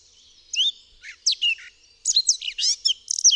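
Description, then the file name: Eurasian blackcap singing short bursts of scratchy, varied warbled notes with brief pauses between phrases, then a quicker run of high chirps at the end. "KAPTURKA"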